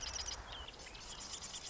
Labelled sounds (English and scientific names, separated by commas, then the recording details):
Marsh Wren (Cistothorus palustris)
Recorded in Sonoma County, California